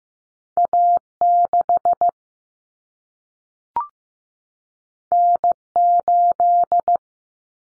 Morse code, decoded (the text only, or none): A6 N8